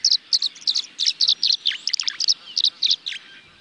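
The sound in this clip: Tree Swallow calls: sharp, high chirps in rapid succession, some doubled, forming a steady twittering chatter.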